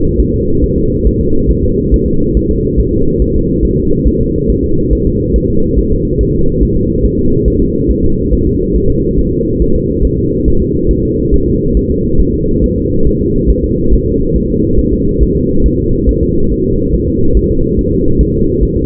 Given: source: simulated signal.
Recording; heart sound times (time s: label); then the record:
fetal heart sounds
0.20 s: S1
0.34 s: S2
0.64 s: S1
0.78 s: S2
1.07 s: S1
1.21 s: S2
1.51 s: S1
1.65 s: S2
1.94 s: S1
2.08 s: S2
2.37 s: S1
2.51 s: S2
2.80 s: S1
2.94 s: S2
3.22 s: S1
3.36 s: S2
3.65 s: S1
3.79 s: S2
4.07 s: S1
4.21 s: S2
4.50 s: S1
4.64 s: S2
4.93 s: S1
5.07 s: S2
5.36 s: S1
5.50 s: S2
5.79 s: S1
5.93 s: S2
6.21 s: S1
6.35 s: S2
6.63 s: S1
6.77 s: S2
7.05 s: S1
7.20 s: S2
7.48 s: S1
7.62 s: S2
7.91 s: S1
8.05 s: S2
8.33 s: S1
8.47 s: S2
8.76 s: S1
8.90 s: S2
9.19 s: S1
9.33 s: S2
9.62 s: S1
9.76 s: S2
10.05 s: S1
10.19 s: S2
10.48 s: S1
10.62 s: S2
10.91 s: S1
11.05 s: S2
11.34 s: S1
11.48 s: S2
11.77 s: S1
11.91 s: S2
12.21 s: S1
12.34 s: S2
12.64 s: S1
12.78 s: S2
13.07 s: S1
13.21 s: S2
13.50 s: S1
13.64 s: S2
13.93 s: S1
14.07 s: S2
14.36 s: S1
14.50 s: S2
14.79 s: S1
14.93 s: S2
15.23 s: S1
15.37 s: S2
15.66 s: S1
15.80 s: S2
16.09 s: S1
16.23 s: S2
16.52 s: S1
16.66 s: S2
16.95 s: S1
17.08 s: S2
17.37 s: S1
17.51 s: S2
17.79 s: S1
17.93 s: S2
18.21 s: S1
18.35 s: S2
18.63 s: S1
18.77 s: S2
From the record:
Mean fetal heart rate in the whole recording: 140 bpm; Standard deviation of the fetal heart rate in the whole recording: 2 bpm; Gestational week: 34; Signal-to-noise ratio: -16.4 dB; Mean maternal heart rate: 72 bpm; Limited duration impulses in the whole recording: present